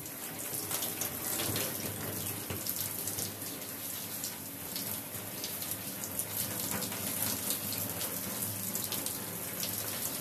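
Running water from a shower pours steadily for the whole ten seconds, a dense, bright hiss that never lets up. Small splashes and spatters flicker through it constantly, and a low rumble sits underneath the spray.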